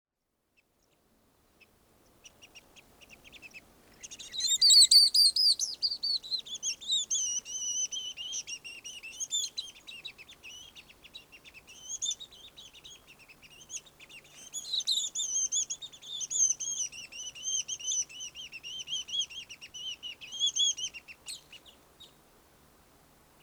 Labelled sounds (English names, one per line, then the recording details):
Pygmy Nuthatch call
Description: Pygmy Nuthatch call recorded in Upper Beaver Meadows in Rocky Mountain National Park
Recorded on 30 May 2017